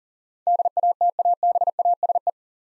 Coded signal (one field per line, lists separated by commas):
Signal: Morse code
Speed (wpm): 40 wpm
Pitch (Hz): 700 Hz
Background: none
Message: DATABASE